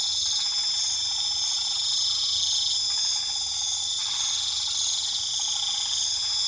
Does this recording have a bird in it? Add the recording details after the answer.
no. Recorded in pastures near Puerto Asís, Putumayo, Colombia, on 8 March 2025 at 22:30. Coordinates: 0.487, -76.322. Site G077